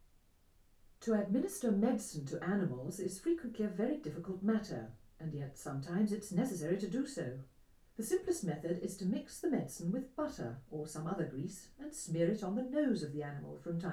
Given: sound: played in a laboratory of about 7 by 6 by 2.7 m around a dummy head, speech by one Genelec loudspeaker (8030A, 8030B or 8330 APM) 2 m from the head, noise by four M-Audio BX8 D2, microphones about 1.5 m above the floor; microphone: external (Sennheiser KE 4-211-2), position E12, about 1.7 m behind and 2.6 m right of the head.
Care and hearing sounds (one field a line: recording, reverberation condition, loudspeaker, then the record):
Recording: female speech in English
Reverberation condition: low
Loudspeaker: behind (180 degrees)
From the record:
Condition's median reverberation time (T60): about 310 ms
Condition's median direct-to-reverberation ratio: about 3.5 dB